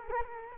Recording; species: mosquito wingbeat signal from an infrared sensor; Culex quinquefasciatus